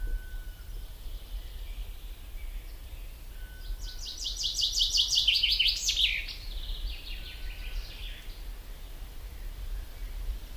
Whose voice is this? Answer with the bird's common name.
Common Chaffinch